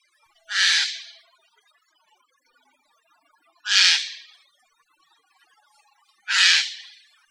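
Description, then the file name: Eurasian jay giving harsh, rasping screeches, three loud bursts spaced roughly three seconds apart, with quiet between them. "Garrulus glandarius"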